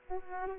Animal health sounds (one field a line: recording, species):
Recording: mosquito wingbeat signal from an infrared sensor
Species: Aedes aegypti